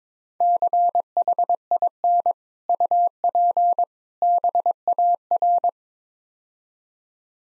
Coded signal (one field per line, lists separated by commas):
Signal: Morse code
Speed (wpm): 22 wpm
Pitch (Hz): 700 Hz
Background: none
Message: CHIN UP BAR